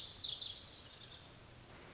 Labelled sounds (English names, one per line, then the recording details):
Pacific Wren
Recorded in Sonoma County, California